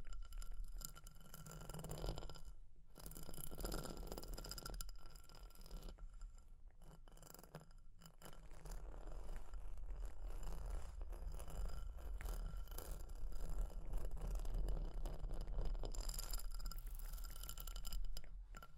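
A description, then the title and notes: Fire crackles with a steady hiss, while tapping and scratching sounds come in irregular bursts throughout. A low rumble sits underneath, and short quiet gaps near 3, 5 and 7 seconds break the texture before it thickens and grows louder toward the end. ASMR for PURE Relaxation and Sleep Fire Crackling, Tapping, Scratching(No Talking).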